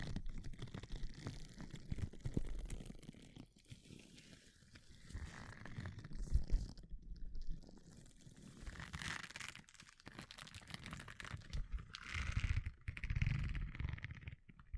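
Gloves rustle and crinkle through the whole stretch in dense, irregular handling sounds, with soft scraping and rubbing. Louder low thumps and grabs break through around six seconds and again near twelve to thirteen seconds, and a brighter swishing swells around nine and twelve seconds.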